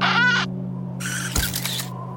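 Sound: camera shutter clicking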